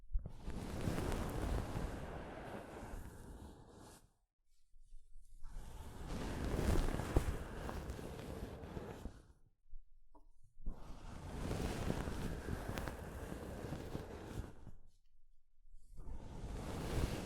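Soft fabric brushes against a microphone in long, dense, rumbling strokes, each lasting about four seconds. Near-silent gaps fall around 4, 10 and 15 seconds, with a brief scuff around 10 seconds. The rubbing is heavy and low, with a rough hiss above it.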